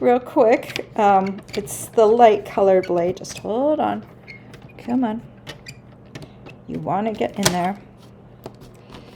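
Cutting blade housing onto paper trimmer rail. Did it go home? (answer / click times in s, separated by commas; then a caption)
no / none. Someone talks while fitting a light-colored replacement cutting blade in its plastic blade housing onto the rail of a paper trimmer, with a few faint handling taps around 5.5 to 6.2 seconds and at 8.5 seconds. The blade housing has not snapped into the groove yet, and nothing has seated by the end of the clip.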